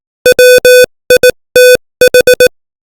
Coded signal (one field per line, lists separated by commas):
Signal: Morse code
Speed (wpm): 18 wpm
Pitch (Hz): 500 Hz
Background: none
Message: WITH